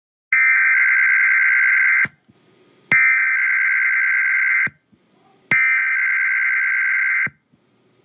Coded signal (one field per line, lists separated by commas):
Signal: Emergency Alert System (SAME) tones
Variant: header bursts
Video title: Lady Voice EAS Test